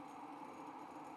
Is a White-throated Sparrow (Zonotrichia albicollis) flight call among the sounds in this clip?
no